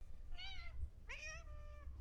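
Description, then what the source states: Cat meowing twice, a shorter meow followed by a longer rising-then-level meow, over a low steady hum. Cat meowing to ask for food.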